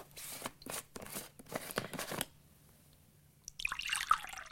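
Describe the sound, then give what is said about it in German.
Milk glugs out of a thermos flask in a quick run of splashy gurgles, stops briefly, then trickles into a glass with a brighter, thinner pour, served as a bedtime drink. Nobody speaks. “Und ein Glas Milch aus der Thermosflasche, wie immer.”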